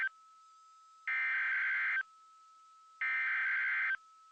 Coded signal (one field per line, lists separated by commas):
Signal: Emergency Alert System (SAME) tones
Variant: header bursts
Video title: [EAS #2297-#2305] KLLI Weekly Test & 2023 NWS Tsunami Communications Drill